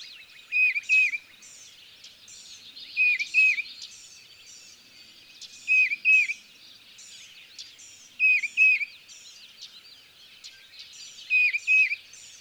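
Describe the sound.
Tufted titmouse song: a clear two-note whistled phrase, repeated every few seconds, over a dense background of high chirps.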